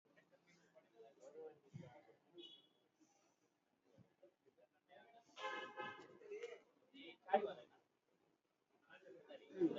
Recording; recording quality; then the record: shallow breathing; poor, much background noise or distortion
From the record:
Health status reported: COVID-19 positive, mild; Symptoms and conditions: cough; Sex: male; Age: 24 years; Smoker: not ticked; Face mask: worn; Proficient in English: yes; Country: India